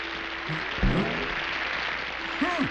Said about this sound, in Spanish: ¡No le aplaudan! ¡Miren! ¡No estoy cortado a la mitad! ¡Dejen de aplaudir! ¡Es falso!